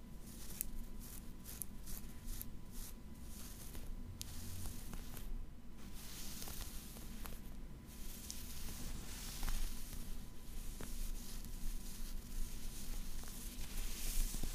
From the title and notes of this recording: Fabric Scratching. In dieser Folge verwende ich unterschiedliche Stoffe.